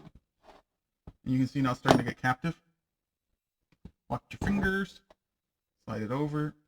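During reassembly of a CO2 1911-style replica pistol, a metal part is being slid over onto the slide/frame and handled while someone talks, with a few faint, brief handling ticks near 1.1 s and 3.9 s. The part has not seated or clicked into place yet.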